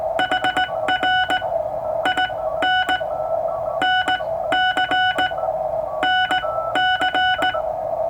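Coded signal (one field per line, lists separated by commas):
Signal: Morse code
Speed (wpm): 19 wpm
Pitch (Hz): 1480 Hz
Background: none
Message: HR IN NC NC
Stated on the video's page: Straight Key Night QSO sent on a German Junker straight key with a 1977 Ten-Tec Century/21 CW-only Novice rig at 15 watts.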